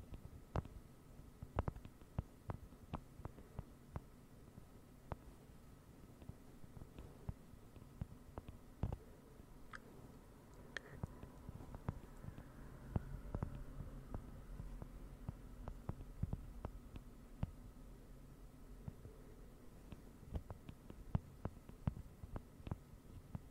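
Slow, irregular rain-like tapping, sharp clicks a fraction of a second to a second apart, over a low steady hum that thickens after thirteen seconds.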